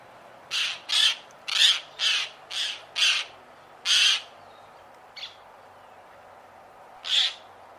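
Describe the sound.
Bird uttering a rapid series of grating squawks, then a brief faint note and one last harsh call after a gap.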